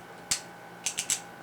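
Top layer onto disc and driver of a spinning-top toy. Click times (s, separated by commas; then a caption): 0.3 s, 0.9 s, 1.0 s, 1.1 s. The plastic layer of a Beyblade Burst Kreis Satan God Layer System spinning-top toy is twisted onto its disc and driver during first assembly. A sharp, bright click comes at 0.3 s, followed by a quick run of three more at 0.9, 1.0 and 1.1 s over a faint steady hum. The layer seats firmly onto the disc and driver.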